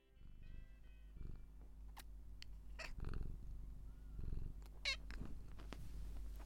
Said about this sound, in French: Monsieur Bouillotte se jeta sur le côté, offrit son ventre et releva sa tête pour se faire gratter entre les oreilles, les yeux mi-clos, en ronronnant.